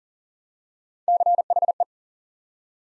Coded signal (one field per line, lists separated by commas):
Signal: Morse code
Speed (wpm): 37 wpm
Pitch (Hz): 700 Hz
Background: none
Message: CHE